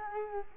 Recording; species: mosquito wingbeat signal from an infrared sensor; Culex quinquefasciatus